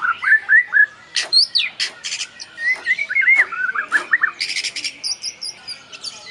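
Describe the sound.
White-rumped shama singing a varied song of clear whistled phrases mixed with sharp buzzy bursts, ending in high rapid chattering notes.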